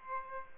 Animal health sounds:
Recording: mosquito wingbeat signal from an infrared sensor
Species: Aedes aegypti

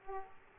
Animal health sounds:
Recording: mosquito wingbeat signal from an infrared sensor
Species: Aedes aegypti

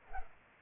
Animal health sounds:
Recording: mosquito wingbeat signal from an infrared sensor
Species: Culex pipiens

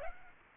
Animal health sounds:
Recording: mosquito wingbeat signal from an infrared sensor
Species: Aedes aegypti

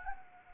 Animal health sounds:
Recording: mosquito wingbeat signal from an infrared sensor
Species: Anopheles gambiae

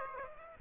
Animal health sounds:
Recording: mosquito wingbeat signal from an infrared sensor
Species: Aedes aegypti

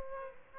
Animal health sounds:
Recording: mosquito wingbeat signal from an infrared sensor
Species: Aedes aegypti

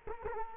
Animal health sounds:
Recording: mosquito wingbeat signal from an infrared sensor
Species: Culex quinquefasciatus

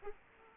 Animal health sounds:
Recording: mosquito wingbeat signal from an infrared sensor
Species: Aedes aegypti

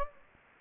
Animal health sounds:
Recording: mosquito wingbeat signal from an infrared sensor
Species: Anopheles gambiae

